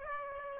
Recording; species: mosquito wingbeat signal from an infrared sensor; Aedes aegypti